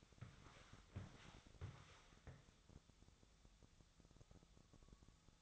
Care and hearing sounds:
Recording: daily activity, microphone in the room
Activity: walk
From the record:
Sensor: 3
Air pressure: 1000.5 hPa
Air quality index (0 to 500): 166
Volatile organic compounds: 3 ppm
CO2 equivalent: 1450 ppm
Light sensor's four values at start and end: 19/49/20/22 and 19/49/20/22

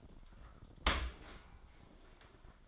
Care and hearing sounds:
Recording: daily activity, microphone in the room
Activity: open dishwasher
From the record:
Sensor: 5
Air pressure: 1003.2 hPa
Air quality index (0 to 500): 132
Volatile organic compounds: 1 ppm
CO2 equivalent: 968 ppm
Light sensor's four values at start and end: 89/217/89/102 and 84/203/84/96

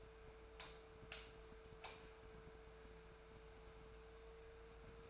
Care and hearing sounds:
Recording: daily activity, microphone in the room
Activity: light on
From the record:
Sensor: 2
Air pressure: 1014.5 hPa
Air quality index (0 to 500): 177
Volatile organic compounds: 12 ppm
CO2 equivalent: 2342 ppm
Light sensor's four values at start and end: 22/54/23/25 and 21/57/23/24

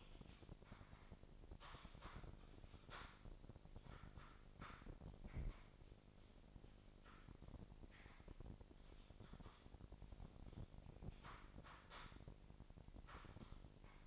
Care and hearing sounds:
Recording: daily activity, microphone in the room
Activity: typing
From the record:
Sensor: 5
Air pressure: 1007.7 hPa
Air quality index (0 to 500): 95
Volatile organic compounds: 1 ppm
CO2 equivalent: 748 ppm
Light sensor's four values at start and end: 41/95/39/41 and 40/95/39/41

